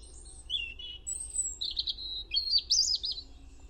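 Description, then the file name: European robin song: a varied string of high warbles, a thin sustained whistle, then quick tumbling trilled notes, with soft low rumble behind. "Erithacus rubecula"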